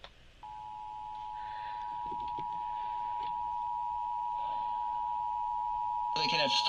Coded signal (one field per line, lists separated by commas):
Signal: Emergency Alert System (SAME) tones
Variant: 853 and 960 Hz attention tone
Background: speech